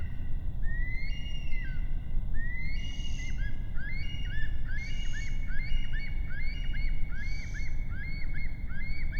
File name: Bush stone curlew